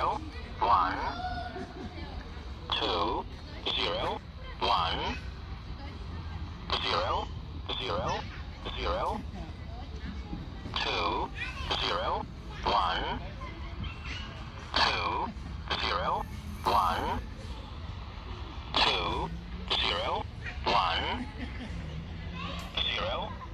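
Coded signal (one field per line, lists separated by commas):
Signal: numbers station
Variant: E07 English Man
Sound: male voice reading short words at an even pace, in groups, through hiss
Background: radio static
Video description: 11023 kHz USB - E07 "English Man" Numbers Station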